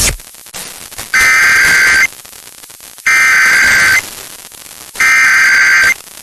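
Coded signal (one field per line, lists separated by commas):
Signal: Emergency Alert System (SAME) tones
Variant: header bursts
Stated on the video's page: Required monthly test, as aired on KYKV 103.1.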